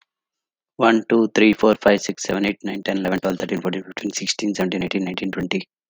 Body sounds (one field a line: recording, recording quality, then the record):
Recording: counting at a fast pace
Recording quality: poor, much background noise or distortion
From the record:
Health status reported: healthy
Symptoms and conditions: diabetes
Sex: male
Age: 45 years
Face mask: not worn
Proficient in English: yes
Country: India